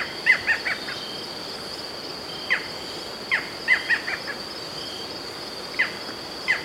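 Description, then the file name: Barred Forest Falcon giving short, sharp calls near the same pitch, two quick runs of three notes, with single notes a second or so apart between and after, over a steady high insect drone. "Micrastur ruficollis - Barred Forest Falcon"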